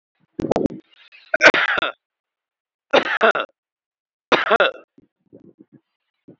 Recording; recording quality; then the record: heavy voluntary cough; excellent, no background noise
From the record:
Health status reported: exposed to COVID-19, no respiratory illness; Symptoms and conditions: hypertension, diabetes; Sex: male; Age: 46 years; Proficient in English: yes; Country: India